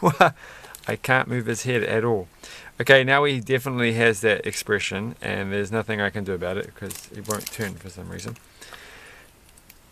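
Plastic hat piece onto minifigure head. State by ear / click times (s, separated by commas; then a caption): seated / 9.7 s. A plastic hat or hair piece from the Lego 70821 Emmet and Benny's 'Build and Fix' Workshop set is pressed onto a toy brick minifigure head while someone talks. A few soft taps come near the end, and the piece clicks on and seats at 9.7 s, a click unlike the usual one for putting a hat on.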